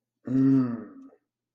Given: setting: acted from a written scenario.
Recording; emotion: vocal sound without words; pride